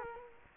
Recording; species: mosquito wingbeat signal from an infrared sensor; Culex quinquefasciatus